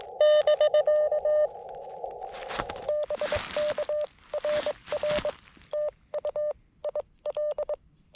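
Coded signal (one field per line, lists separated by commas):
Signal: Morse code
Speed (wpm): 23 wpm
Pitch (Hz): 600 Hz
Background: none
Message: <BK> BKRR TU IL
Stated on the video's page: CW parks on the air activation at K-5221 Oakley Corners state forest, using FX-4CR radio and Wolf River Coils 17' whip; slow, with QRM.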